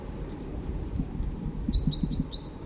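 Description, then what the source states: Crossbill flight calls, a few short sharp high notes in quick succession, over a steady low rumbling background noise. Several crossbills calling while flying over.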